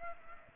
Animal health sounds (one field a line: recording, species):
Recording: mosquito wingbeat signal from an infrared sensor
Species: Aedes aegypti